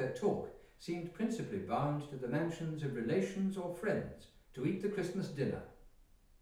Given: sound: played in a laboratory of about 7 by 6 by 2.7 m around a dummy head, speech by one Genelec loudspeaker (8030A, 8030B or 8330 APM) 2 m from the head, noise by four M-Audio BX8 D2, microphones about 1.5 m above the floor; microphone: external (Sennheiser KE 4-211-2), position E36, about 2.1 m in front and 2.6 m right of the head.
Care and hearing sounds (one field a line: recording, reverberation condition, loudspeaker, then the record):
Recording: male speech in English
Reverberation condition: medium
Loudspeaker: 120 degrees to the left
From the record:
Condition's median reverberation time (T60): about 510 ms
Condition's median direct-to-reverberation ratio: about -0.5 dB